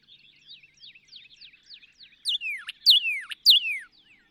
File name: Northern Cardinal